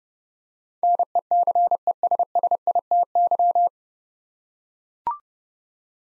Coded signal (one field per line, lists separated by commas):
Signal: Morse code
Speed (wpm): 32 wpm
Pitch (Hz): 700 Hz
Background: none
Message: NECESSITY